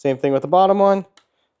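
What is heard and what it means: A coolant tube for a water-cooling loop is handled at the bottom port's push-to-connect (shark bite style) fitting while someone talks, with one faint tap near 1.2 s. The tube is not yet pushed home, and nothing has seated or clicked yet.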